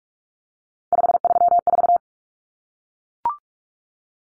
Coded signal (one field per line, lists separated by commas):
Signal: Morse code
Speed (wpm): 44 wpm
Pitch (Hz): 700 Hz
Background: none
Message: 534